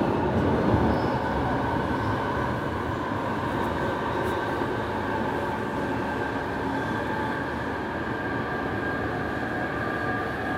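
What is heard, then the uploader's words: Inside an underground train on the move, a dense, steady roar and rattle fills the carriage for the whole stretch. Low rumbling mixes with a bright metallic hiss and a faint whine, with a slightly louder jolt near the start. London Underground Tube Train Journey on the Jubilee Line.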